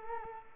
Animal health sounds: mosquito wingbeat signal from an infrared sensor; Culex quinquefasciatus

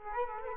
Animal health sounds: mosquito wingbeat signal from an infrared sensor; Culex quinquefasciatus

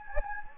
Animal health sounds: mosquito wingbeat signal from an infrared sensor; Anopheles gambiae

